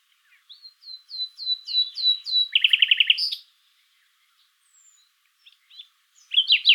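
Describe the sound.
Common nightingale song: a series of drawn-out whistled notes swelling in loudness, a rapid pulsed rattle, a pause, then sharp chattering notes.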